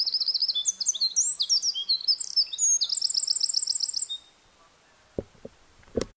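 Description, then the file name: Eurasian wren song, about four seconds of rapid high twittering notes and trills, followed by quiet with a few dull knocking sounds near the end. "Troglodytes troglodytes"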